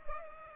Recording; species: mosquito wingbeat signal from an infrared sensor; Culex pipiens